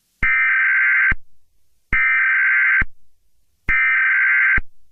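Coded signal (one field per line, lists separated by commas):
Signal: Emergency Alert System (SAME) tones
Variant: header bursts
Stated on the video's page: Fictional EAS scenario made in CapCut and Kinemaster.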